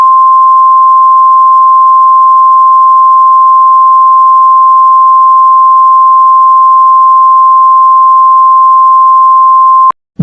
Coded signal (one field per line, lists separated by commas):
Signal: Emergency Alert System (SAME) tones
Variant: 1050 Hz attention tone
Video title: EAS Mock #2 (Severe Thunderstorm Warning)